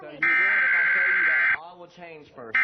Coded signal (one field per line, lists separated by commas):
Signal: Emergency Alert System (SAME) tones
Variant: header bursts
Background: speech